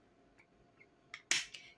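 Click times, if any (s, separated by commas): 1.3 s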